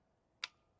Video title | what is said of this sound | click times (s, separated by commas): How To Cock/De-Cock your Ravin Crossbow (Step-By-Step) | and you hear it click | 0.4 s